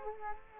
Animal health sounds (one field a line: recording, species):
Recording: mosquito wingbeat signal from an infrared sensor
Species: Culex quinquefasciatus